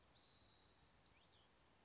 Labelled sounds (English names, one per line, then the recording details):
Western Flycatcher
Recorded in Sonoma County, California